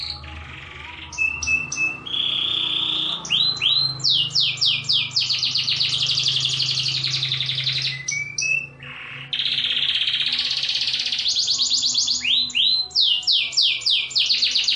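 Bird song of loud trills, whistled slurs and chattering runs, continuous and energetic, over a low steady background hum.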